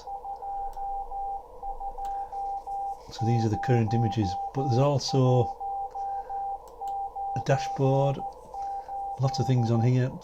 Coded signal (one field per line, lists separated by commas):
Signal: Morse code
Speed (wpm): 13 wpm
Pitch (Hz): 790 Hz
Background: speech, radio noise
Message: 220198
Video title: Tracking a Radio Beacon up into the Stratosphere!